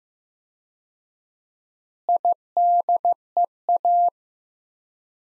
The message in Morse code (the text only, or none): IDEA